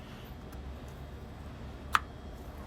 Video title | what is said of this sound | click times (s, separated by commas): BTR LS7 Lifter install on 5.3 LS | So, those will click into place and these are going to face each other. | 1.9 s